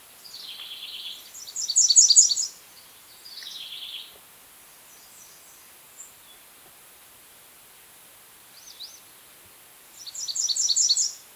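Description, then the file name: American redstart song: high, thin series of rapid sibilant notes about a second long, repeated every few seconds, with a few softer high notes between. "Setophaga ruticilla - American Redstart"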